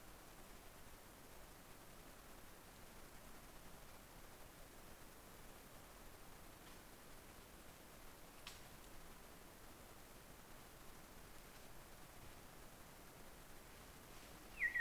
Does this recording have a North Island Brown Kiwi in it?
no